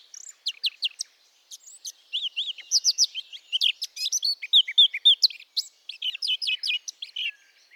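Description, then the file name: Eurasian blackcap warbling rapidly, a jumble of sweet high whistles and scratchy chirps delivered in hurried bursts with short gaps. "Sylvia atricapilla"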